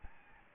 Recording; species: mosquito wingbeat signal from an infrared sensor; Aedes albopictus